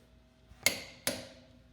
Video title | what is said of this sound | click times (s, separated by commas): Torque Wrench Tool | you hear that click it means | 0.7 s